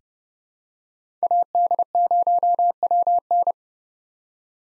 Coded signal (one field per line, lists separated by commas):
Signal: Morse code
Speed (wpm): 29 wpm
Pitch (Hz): 700 Hz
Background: none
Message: AD0WN